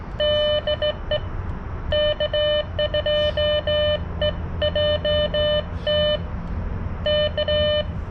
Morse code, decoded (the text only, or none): DE K2EJT K